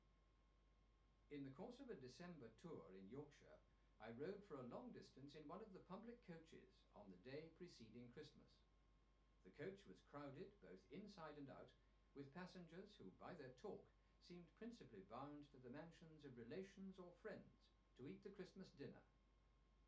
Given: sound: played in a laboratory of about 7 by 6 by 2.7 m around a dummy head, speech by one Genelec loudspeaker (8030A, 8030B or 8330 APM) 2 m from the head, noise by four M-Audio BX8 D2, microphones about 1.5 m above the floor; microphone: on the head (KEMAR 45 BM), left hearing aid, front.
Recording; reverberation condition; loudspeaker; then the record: male speech in English; low; 90 degrees to the right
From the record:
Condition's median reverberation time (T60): about 310 ms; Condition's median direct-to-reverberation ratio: about 3.5 dB